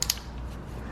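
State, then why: Seated. On a 2006–2013 Mercedes-Benz S-Class W221, the gray plastic secondary locking clip on the ignition coil's electrical connector is pushed up by hand after the connector is pushed onto the coil. Two sharp snaps at 0.0 s and 0.1 s are followed by low background hum. The clip is seated, giving a double safety that keeps the connector on.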